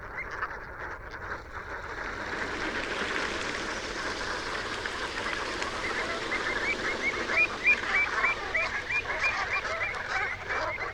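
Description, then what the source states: Dark-bellied brent goose flock, massed guttural rrrot calls building in intensity. "Rrrot" calls, then taking flight.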